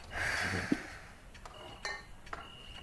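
Dishes clink a few times at an uneven pace as a plate, a cup and a clay jug are carried, with short ringing taps over a soft rustle and breathy noise, no talking.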